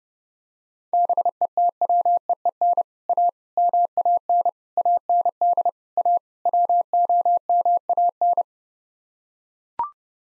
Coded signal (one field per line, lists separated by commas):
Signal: Morse code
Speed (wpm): 31 wpm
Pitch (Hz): 700 Hz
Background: none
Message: BETWEEN A MAN AND A WOMAN